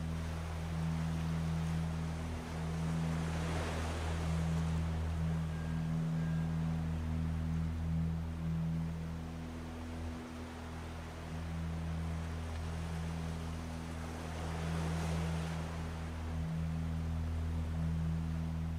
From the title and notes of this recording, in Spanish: Cello by the sea. Muscia de cello con sonidos del mar.